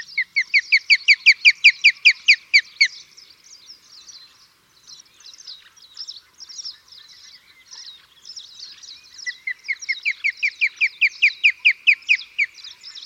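Osprey uttering a fast run of piping, upslurred whistles, then softer scattered chips, before another rapid burst of repeated whistled notes.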